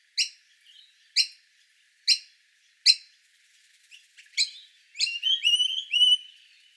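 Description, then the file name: Noisy Miner begging calls: sharp harsh chirps repeated about once a second, then a burst of rapid overlapping squeaky notes near the end. Juvenile asking to be fed. "Noisy Miner Juvenile Feed Me"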